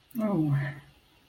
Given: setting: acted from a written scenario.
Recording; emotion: vocal sound without words; embarrassment